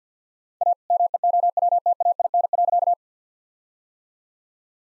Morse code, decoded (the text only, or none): A MEOWTAIN.